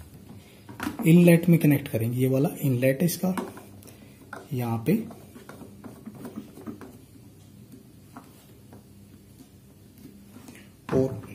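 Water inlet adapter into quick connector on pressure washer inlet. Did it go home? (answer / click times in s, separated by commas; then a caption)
no / none. Someone talks while handling a plastic water inlet adapter at the quick connector on the inlet of an American Micronic 120 bar 1500 watt pressure washer. The talk is followed by a few faint knocks and taps of handling over a quiet background. The adapter has not seated or clicked into the connector yet.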